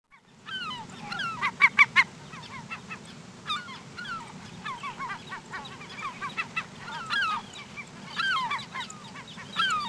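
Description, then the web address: Birds calling in a noisy flock, many overlapping honks and downslurred notes in irregular bursts, over a steady low rumble throughout. "Peterson North American Birds. haoc"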